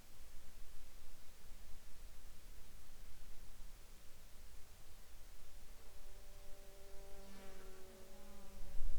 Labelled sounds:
insects
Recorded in the Arctic National Wildlife Refuge, Alaska, on 18 July 2021 at 16:34
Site 43

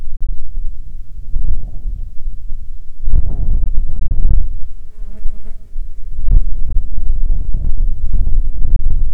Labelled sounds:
wind, insects
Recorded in the Prudhoe Bay oil fields, Alaska, on 11 July 2019 at 13:41
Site 19

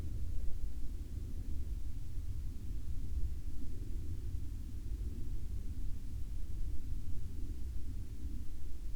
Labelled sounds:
aircraft
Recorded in the Arctic National Wildlife Refuge, Alaska, on 7 May 2021 at 04:39
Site 35

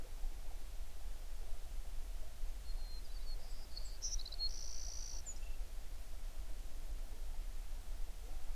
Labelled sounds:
songbird
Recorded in the Prudhoe Bay oil fields, Alaska, on 11 June 2019 at 05:33
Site 21

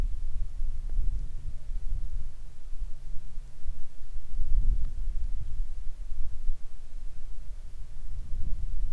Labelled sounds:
wind, insects
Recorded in the Arctic National Wildlife Refuge, Alaska, on 22 July 2019 at 15:55
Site 41

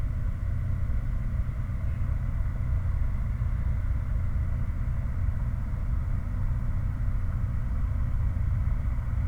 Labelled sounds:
machinery, flare stack
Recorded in the Prudhoe Bay oil fields, Alaska, on 16 August 2019 at 00:50
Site 29

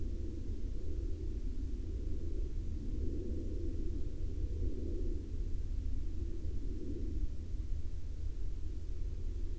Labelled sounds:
aircraft
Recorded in the Prudhoe Bay oil fields, Alaska, on 17 May 2021 at 01:07
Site 24

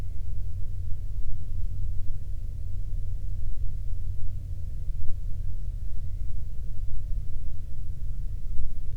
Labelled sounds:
waterfowl, man-made sound
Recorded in the Prudhoe Bay oil fields, Alaska, on 13 June 2019 at 00:10
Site 24

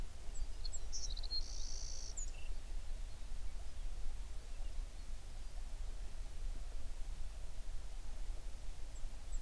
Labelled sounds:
songbird
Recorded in the Prudhoe Bay oil fields, Alaska, on 11 June 2019 at 04:42
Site 21

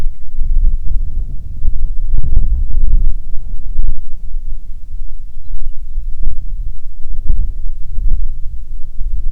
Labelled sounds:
songbird, grouse or ptarmigan, wind
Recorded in the Prudhoe Bay oil fields, Alaska, on 6 June 2019 at 04:02
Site 16

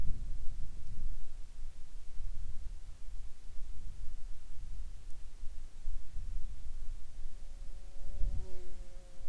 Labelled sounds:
insects
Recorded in the Arctic National Wildlife Refuge, Alaska, on 16 July 2019 at 20:18
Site 41

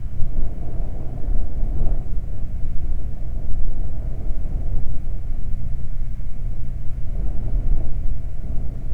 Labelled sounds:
wind
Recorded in the Prudhoe Bay oil fields, Alaska, on 12 July 2019 at 00:05
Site 29

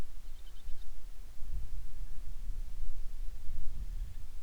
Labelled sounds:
bird
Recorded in the Prudhoe Bay oil fields, Alaska, on 10 July 2019 at 09:33
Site 11

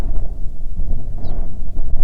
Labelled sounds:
bird, wind
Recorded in the Prudhoe Bay oil fields, Alaska, on 7 August 2019 at 14:43
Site 17

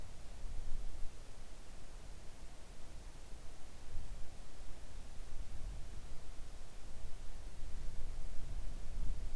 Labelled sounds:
near silence
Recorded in the Arctic National Wildlife Refuge, Alaska, on 3 August 2019 at 05:27
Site 41

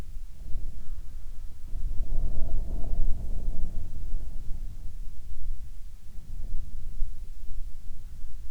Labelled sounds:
wind, insects
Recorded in the Prudhoe Bay oil fields, Alaska, on 10 July 2019 at 14:24
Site 14

